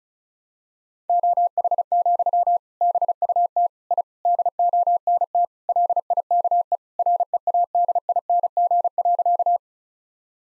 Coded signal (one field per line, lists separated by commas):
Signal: Morse code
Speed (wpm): 36 wpm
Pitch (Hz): 700 Hz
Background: none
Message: OH, BUT I DONT LIKE READING.